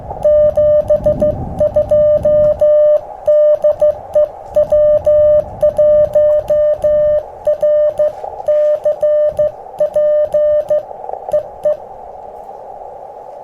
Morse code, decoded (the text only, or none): 72 DE W1RCP EE